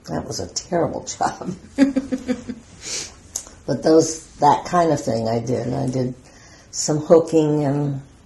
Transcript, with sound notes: That was a terrible job. [laughter] But those, that kind of thing I did, and I did some hooking,